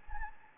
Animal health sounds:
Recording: mosquito wingbeat signal from an infrared sensor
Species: Anopheles gambiae

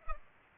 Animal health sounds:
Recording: mosquito wingbeat signal from an infrared sensor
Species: Culex pipiens

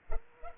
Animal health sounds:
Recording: mosquito wingbeat signal from an infrared sensor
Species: Culex pipiens

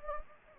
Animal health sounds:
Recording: mosquito wingbeat signal from an infrared sensor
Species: Anopheles gambiae

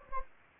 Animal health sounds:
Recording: mosquito wingbeat signal from an infrared sensor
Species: Anopheles gambiae

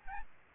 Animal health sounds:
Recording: mosquito wingbeat signal from an infrared sensor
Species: Aedes albopictus

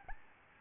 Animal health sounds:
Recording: mosquito wingbeat signal from an infrared sensor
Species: Aedes albopictus

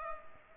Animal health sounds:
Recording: mosquito wingbeat signal from an infrared sensor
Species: Culex pipiens

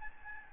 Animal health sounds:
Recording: mosquito wingbeat signal from an infrared sensor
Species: Aedes albopictus

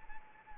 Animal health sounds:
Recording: mosquito wingbeat signal from an infrared sensor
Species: Anopheles arabiensis

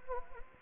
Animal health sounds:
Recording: mosquito wingbeat signal from an infrared sensor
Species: Anopheles gambiae

